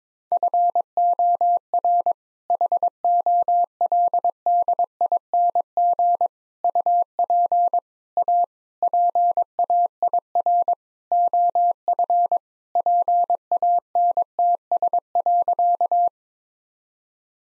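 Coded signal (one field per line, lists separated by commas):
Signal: Morse code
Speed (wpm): 22 wpm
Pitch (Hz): 700 Hz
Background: none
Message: FOR HOLDING UP A PAIR OF PANTS.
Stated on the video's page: Morse practice set at 22 wpm with contextual priming, jokes as context.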